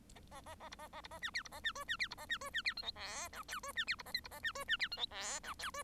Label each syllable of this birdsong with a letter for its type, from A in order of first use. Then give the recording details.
A A A B A A B A C D B A C E C D B A C E C D F G H I J E C D B A K B A C E C D F G H I J E. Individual Bird1